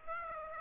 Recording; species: mosquito wingbeat signal from an infrared sensor; Aedes aegypti